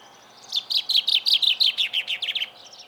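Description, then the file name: Common chaffinch singing one quick phrase of about two seconds, a rapid series of high notes. "Fringilla coelebs"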